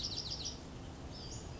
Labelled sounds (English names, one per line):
Bewick's Wren